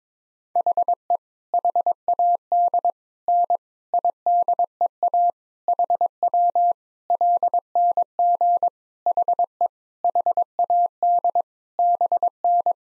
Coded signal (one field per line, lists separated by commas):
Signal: Morse code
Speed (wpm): 22 wpm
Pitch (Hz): 700 Hz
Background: none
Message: HE HAD N IDEA HW LNG HE HAD BN